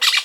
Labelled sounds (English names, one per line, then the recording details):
Brown-throated Parakeet contact call
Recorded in Venezuela
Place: Guárico; Corozopando; Fundo La Fe
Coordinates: 8.506, -67.593